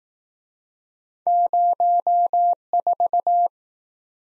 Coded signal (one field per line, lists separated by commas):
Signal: Morse code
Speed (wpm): 19 wpm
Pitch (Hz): 700 Hz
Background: none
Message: 04